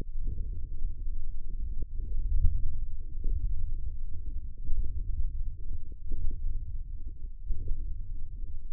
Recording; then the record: forearm muscle sounds (acoustic myography)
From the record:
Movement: ulnar deviation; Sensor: system 1, eight BSWA MPA416 microphones around the upper forearm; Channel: 6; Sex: male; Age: 20 years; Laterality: left